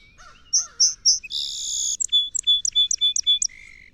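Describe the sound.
Song sparrow singing three clear opening notes, a loud buzz, then quick repeated chips and a drawn-out lower buzzy finish.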